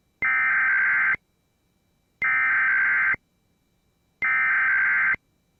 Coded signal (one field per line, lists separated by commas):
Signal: Emergency Alert System (SAME) tones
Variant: header bursts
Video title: The typical NWR Weeklies + other goodies (EAS #725-#737)